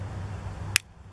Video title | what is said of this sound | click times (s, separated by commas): Gear Review: Cascade Mountain Tech Trekking Poles | and you'll feel the the resistance it'll it should clip or click | 0.8 s